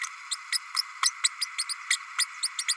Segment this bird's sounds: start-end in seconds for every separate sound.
0.31-0.36, 0.52-0.58, 0.76-0.82, 1.03-1.11, 1.24-1.28, 1.41-1.46, 1.58-1.64, 1.69-1.74, 1.90-1.97, 2.18-2.25, 2.43-2.49, 2.58-2.65, 2.68-2.75